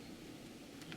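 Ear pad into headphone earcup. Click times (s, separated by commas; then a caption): 0.9 s. The last unseated clip of an ear pad is pushed into the plastic earcup of a Sony WH1000XM3 headphone, part of a Dekoni Audio ear pad change. A steady low hiss fills the clip until a short, sharp click at 0.9 s, and the ear pad is seated.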